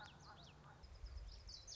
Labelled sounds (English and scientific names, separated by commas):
Common Yellowthroat (Geothlypis trichas)